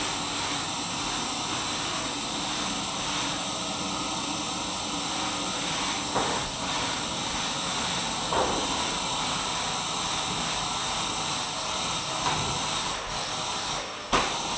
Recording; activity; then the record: daily activity, microphone in the room; vacuum cleaning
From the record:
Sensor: 1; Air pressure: 994.4 hPa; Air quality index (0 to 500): 217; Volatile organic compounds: 1000 ppm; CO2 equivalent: 7749 ppm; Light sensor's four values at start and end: 50/110/49/52 and 49/107/48/51